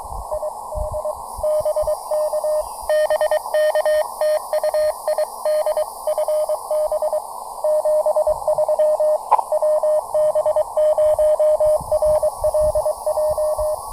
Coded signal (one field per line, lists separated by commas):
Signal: Morse code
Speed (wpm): 22 wpm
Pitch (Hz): 610 Hz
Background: radio noise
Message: ID BK BK TU ID FB 73 WB0RLJ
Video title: Brunswick Town SHS POTA: Battling the bands with two field antennas and one cool new AX1 accessory!